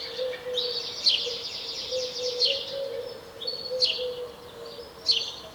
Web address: SETE Passer domesticus